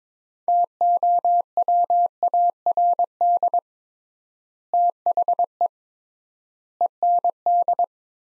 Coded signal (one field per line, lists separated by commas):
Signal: Morse code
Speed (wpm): 22 wpm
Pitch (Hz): 700 Hz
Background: none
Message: TOWARD THE END